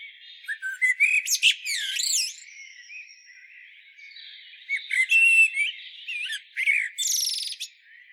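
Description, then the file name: Common blackbird with mixed squeaky twitters and swooping whistled notes in several bursts, separated by short pauses. "Turdus merula"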